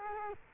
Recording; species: mosquito wingbeat signal from an infrared sensor; Culex quinquefasciatus